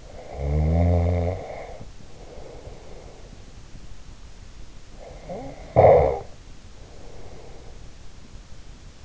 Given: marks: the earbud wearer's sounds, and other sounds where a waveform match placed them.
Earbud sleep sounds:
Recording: sounds in sleep by an in-ear microphone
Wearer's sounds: snoring breath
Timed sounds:
0.00-3.51 s: snoring breath
4.91-7.91 s: snoring breath

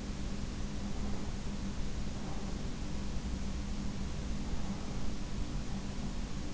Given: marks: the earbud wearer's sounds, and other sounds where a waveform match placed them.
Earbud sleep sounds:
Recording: sounds in sleep by an in-ear microphone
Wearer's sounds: breath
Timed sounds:
0.68-3.02 s: breath

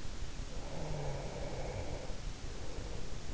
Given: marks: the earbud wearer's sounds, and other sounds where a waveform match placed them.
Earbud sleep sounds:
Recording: sounds in sleep by an in-ear microphone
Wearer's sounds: snoring breath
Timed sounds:
0.50-3.12 s: snoring breath

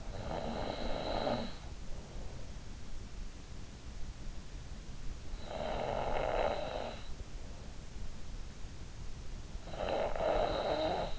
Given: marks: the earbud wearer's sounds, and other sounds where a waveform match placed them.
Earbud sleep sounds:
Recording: sounds in sleep by an in-ear microphone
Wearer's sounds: snoring breath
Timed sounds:
0.00-1.54 s: snoring breath
5.41-6.95 s: snoring breath
9.71-11.19 s: snoring breath

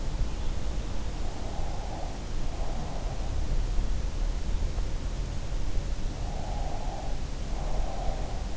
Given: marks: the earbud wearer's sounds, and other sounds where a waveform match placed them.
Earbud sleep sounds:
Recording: sounds in sleep by an in-ear microphone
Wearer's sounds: breath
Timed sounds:
1.25-3.21 s: breath
6.33-8.57 s: breath

